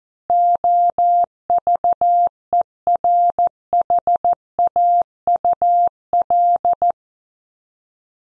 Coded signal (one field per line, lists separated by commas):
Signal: Morse code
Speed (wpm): 14 wpm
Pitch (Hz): 700 Hz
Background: none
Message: OVERHAUL